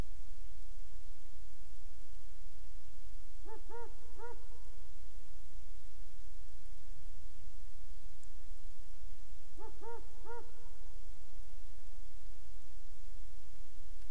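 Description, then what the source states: Owl hooting in two rhythmic bursts of several quick, rich hoots, the last note drawn out, separated by about five seconds of quiet hiss. Recorded on 1 December 2020 in the evening, around 18:10; the identification as a barred owl is marked uncertain.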